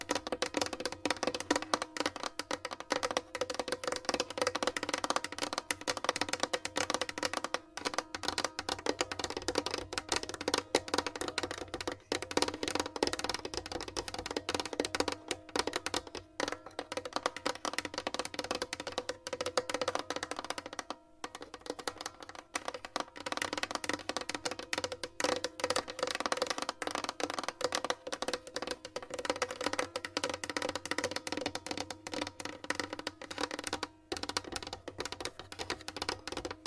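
Scratching, tapping and massage sounds run continuously for the whole stretch, a dense, busy rasp of rapid strokes and light taps. The texture stays fairly even and bright, broken only by a few brief pauses near 8, 21 and 34 seconds.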